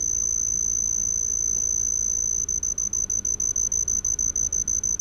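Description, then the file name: Homoeoxipha lycoides song: a steady, high, thin continuous trill that after about two and a half seconds breaks into rapid pulses. "Homoeoxipha lycoides"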